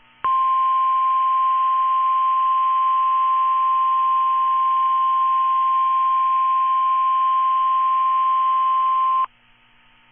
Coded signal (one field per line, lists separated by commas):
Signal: Emergency Alert System (SAME) tones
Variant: 1050 Hz attention tone